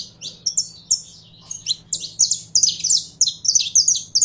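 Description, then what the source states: Belgian canary song of fast, bright chirped notes and sliding trills, building into a denser run toward the end, over a low hum. Song of a purebred Belgian canary.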